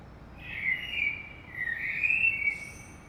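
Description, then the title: Common blackbird song phrase: a smooth, whistled warble that dips and rises over about two seconds, closing with faint high twittering notes. Saint-Gilles, Belgium; early morning; recorded with a DPA 2006c AB pair into a Zoom F3. "Saint-Gilles, Belgique - Blackbird - Merle"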